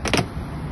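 The seat of a 2009 Vespa GTV 300 is closed over a BIG BOX storage box fitted under the seat with two jet helmets inside. Two sharp hits come in quick succession, both at about 0.1 s, as the seat lid latches shut onto the scooter body, followed by a low steady background. The seat is latched closed.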